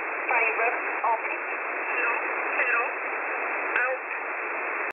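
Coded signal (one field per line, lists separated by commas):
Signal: numbers station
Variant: E11 Oblique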